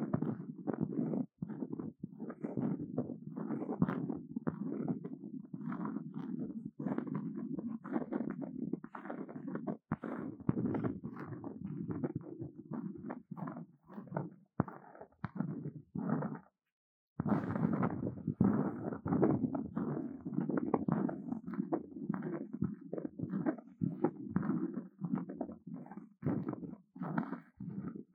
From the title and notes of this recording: Intense Brain Scratching. No Talking.